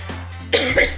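A steady low hum gives way, about halfway through, to one short, harsh barking cough burst with a quick second push from an adult woman: a lingering cough with an itchy, irritated throat and itchy ears, left over after a bad bout of flu over the weekend.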